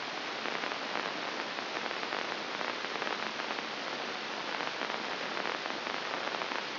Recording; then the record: brain microelectrode recording played as sound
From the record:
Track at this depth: inside the subthalamic nucleus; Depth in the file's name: 1.636 mm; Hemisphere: left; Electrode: 2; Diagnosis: Parkinson's disease